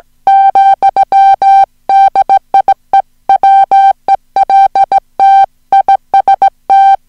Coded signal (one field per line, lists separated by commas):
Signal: Morse code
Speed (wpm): 17 wpm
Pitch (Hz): 780 Hz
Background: music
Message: , DIE WELT IST